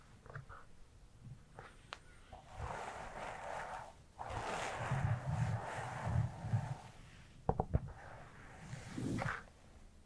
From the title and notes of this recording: ASMR Tingly Hairplay Brushing, Scalp Massage, Haircut (No Talking).